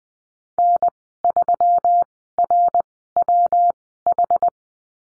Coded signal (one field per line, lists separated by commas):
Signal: Morse code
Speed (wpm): 20 wpm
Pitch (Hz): 700 Hz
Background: none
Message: N3RWH